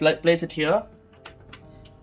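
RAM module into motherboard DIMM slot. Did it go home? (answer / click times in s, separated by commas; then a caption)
yes / 1.3 s. Someone talks briefly while a RAM module is placed in the color-coded DIMM slot on a motherboard and pressed down. The plastic latch snaps closed with a sharp click at 1.3 s, seating the memory module, followed by a few fainter ticks.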